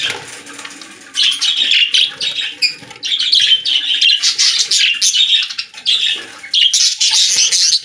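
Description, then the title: Budgerigar chatter: dense buzzy, grating warble with chirps, running almost without pause after a quiet first second. "Budgie Sounds"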